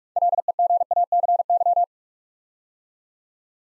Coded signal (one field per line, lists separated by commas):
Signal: Morse code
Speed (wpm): 44 wpm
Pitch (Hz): 700 Hz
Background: none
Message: LEGACY